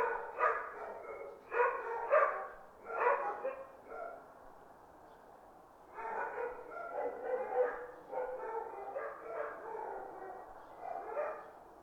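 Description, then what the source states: Dog barking in clustered runs: a quick series of sharp barks, a short quiet gap, then a longer stretch of repeated barking. Several dogs barking in the distance.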